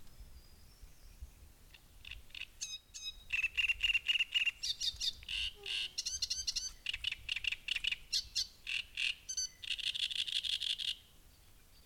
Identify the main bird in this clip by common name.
Great Reed Warbler